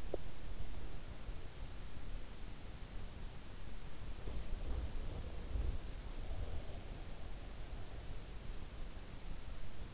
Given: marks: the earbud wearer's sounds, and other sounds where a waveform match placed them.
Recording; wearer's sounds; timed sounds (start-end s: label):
sounds in sleep by an in-ear microphone; teeth grinding, breath
0.00-0.28 s: teeth grinding
4.09-6.96 s: breath